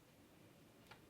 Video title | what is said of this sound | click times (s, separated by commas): 115mm Swarovski Spotting Scope Review. | So like right there, I don't think you guys can probably hear that, but it'll click. | 0.9 s